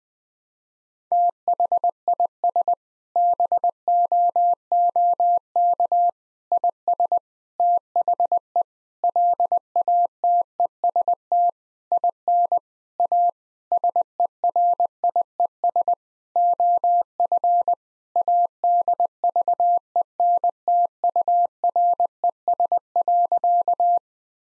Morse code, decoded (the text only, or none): THIS BOOK IS THE LATEST IN A SERIES OF ADVENTURES.